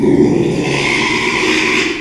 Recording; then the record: squeal of a Yucatan mini pig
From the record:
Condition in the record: after surgery on the right vocal fold (resection and tissue-engineered implant); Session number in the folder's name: 1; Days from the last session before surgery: 6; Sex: male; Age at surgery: 12 weeks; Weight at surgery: 13 kg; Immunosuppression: cyclosporine, prednisolone